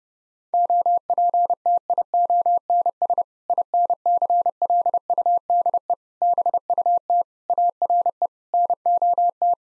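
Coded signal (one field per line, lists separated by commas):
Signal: Morse code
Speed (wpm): 30 wpm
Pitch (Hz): 700 Hz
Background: none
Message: OPTIONS INCLUDE BUT ARE NOT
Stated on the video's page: Morse code sentence-copying practice at 30 wpm built on common six-word phrases, sent once, then spoken, then sent again.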